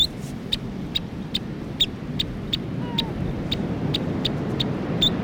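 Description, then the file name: New Zealand dotterel giving short, sharp high chip notes repeated roughly every half second over a steady low rumble of background noise. "nz dotterel song"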